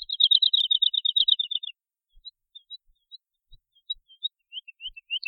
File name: trädlärka